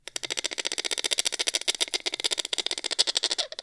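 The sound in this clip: Exotic birds: bird giving a fast, steady chatter of harsh, buzzy notes, about a dozen per second without pause for over three seconds, with no other clear sounds.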